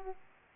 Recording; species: mosquito wingbeat signal from an infrared sensor; Aedes aegypti